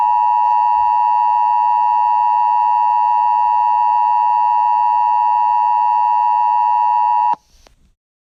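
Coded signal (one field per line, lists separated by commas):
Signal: Emergency Alert System (SAME) tones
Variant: 853 and 960 Hz attention tone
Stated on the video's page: Fictional EAS scenario about WWII Pearl Harbor attack; simulated.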